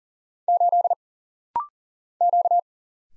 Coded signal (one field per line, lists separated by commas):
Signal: Morse code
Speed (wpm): 42 wpm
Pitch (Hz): 700 Hz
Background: none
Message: 8 Q